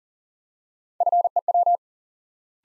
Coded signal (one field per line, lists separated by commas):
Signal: Morse code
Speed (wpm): 39 wpm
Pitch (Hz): 700 Hz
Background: none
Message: FEW